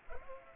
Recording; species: mosquito wingbeat signal from an infrared sensor; Culex pipiens